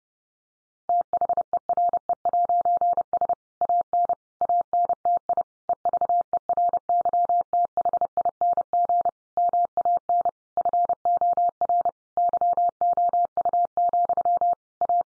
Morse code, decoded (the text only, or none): THERE'S AN ANTI EVERYTHING MAN FOR YOU, A